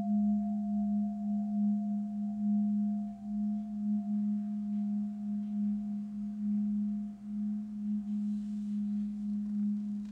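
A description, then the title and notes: A singing bowl hums on a steady low tone for the whole ten seconds, with a quieter higher overtone ringing above it. The tone wavers gently in loudness, with slight dips near three and seven seconds, and a faint soft hiss rises briefly around eight seconds. HEALING BOWLS FOR LAKE COUNTY.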